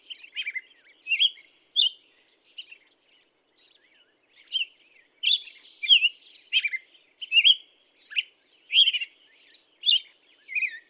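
Black-headed Grosbeak song, whistled phrases rising and falling, with a pause early on, then a denser run.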